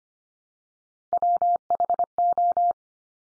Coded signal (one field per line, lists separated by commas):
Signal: Morse code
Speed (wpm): 25 wpm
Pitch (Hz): 700 Hz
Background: none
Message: WHO